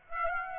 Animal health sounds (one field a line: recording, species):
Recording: mosquito wingbeat signal from an infrared sensor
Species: Aedes aegypti